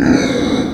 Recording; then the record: squeal of a Yucatan mini pig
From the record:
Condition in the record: before surgery on the right vocal fold (resection and tissue-engineered implant); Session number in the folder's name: 3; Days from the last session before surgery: 0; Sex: female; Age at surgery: 19 weeks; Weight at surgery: 25 kg